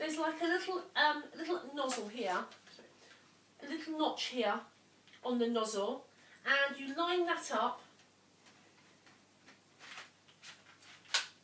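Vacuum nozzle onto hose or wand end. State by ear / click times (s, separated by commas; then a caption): seated / 11.2 s. Someone talks while lining up the notch on a plastic vacuum nozzle with the end of the hose or wand. After a few soft handling sounds, the nozzle is twisted on and gives a sharp click at 11.2 s as it seats securely in place.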